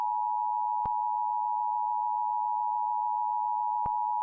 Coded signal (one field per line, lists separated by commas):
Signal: Emergency Alert System (SAME) tones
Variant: 853 and 960 Hz attention tone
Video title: EAS Severe Thunderstorm Warning During Odd Squad (2021 WNPT-DT3)